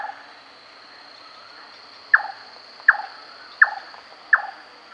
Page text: Large Tailed Nightjar Calls. Quick Sounds